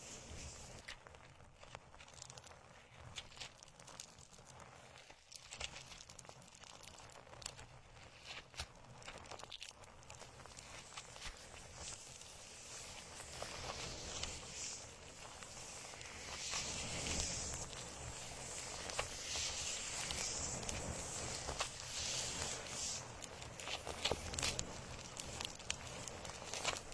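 Plants are rubbed in circles around the ears, a dense crackling rustle with sharp snaps that grows brighter and louder after fifteen seconds.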